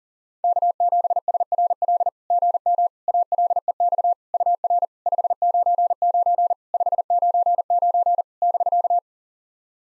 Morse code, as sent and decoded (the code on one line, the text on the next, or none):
-.- --... ... .-. .-.. / --. -- / .- .-.. . -..- / ..- .-. / ..... ----. ----. / ..... ----. ----. / -...-.-
K7SRL GM ALEX UR 599 599 <BK>